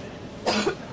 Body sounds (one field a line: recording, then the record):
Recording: coughing mixed with background sound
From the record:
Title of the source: 61 morning phlegmy cough...again